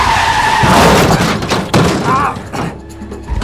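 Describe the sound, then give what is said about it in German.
The suspects' car, smoking, skids to a halt during a police pursuit: loud, rough tyre screeching with a high wavering squeal over engine roar, a heavy thump midway, then a second short squeal as the noise dies down. “Haha, es qualmt, die Kiste bleibt stehen.”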